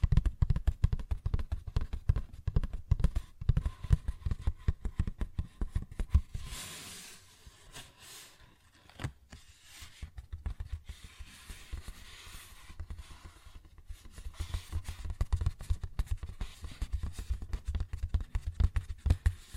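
Paper bag being tapped and scratched, with rapid, dense taps that thump low for the first six seconds. A rough, hissing scrape follows around seven seconds and again near nine, then quick tapping resumes and builds through the final stretch.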